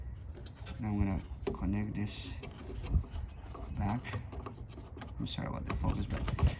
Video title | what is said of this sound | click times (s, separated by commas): How to Upgrade to LED Ligths (Auxito) on a RL5 4th generation Honda Odyssey (2011 - 2017) | okay I fit it on the place and now I rotate that thing and you can hear the click | 0.4 s, 0.5 s